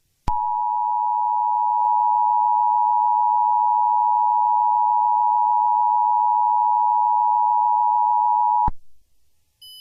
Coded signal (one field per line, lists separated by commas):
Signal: Emergency Alert System (SAME) tones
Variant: 853 and 960 Hz attention tone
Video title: EAS Scenario - Transformed